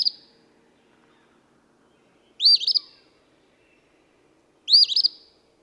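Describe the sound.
Eastern phoebe singing its burry two-note phrase, repeated about every two seconds over quiet background.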